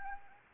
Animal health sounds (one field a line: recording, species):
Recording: mosquito wingbeat signal from an infrared sensor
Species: Anopheles arabiensis